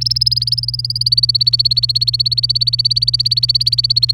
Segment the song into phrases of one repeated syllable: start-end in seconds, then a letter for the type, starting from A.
0.01-4.13 A